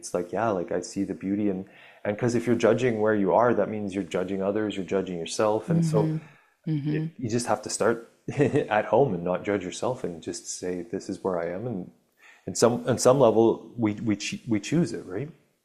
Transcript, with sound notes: It's like, yeah, like I see the beauty and, and 'cause if you're judging where you are, that means you're judging others, you're judging yourself and so-
Mm-hmm. Mm-hmm.
... you just have to start (laughs) at home and not judge yourself and just say, "This is where I am." And, and some, on some level, we ch- we choose it, right?